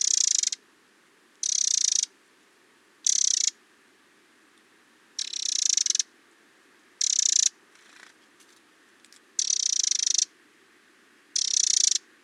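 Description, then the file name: Eurasian wren giving harsh, buzzy churring bursts, each about half a second long, repeated roughly every one and a half to two and a half seconds with quiet gaps between. "Troglodytes troglodytes"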